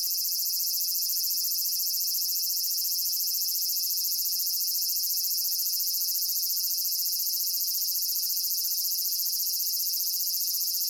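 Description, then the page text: Large brown cicada song, a dense, unbroken high sizzle, steady and loud throughout. Nikko, Japan, 18 August 2004. "Graptopsaltria nigrofuscata [Sounds -Nikko Today-]"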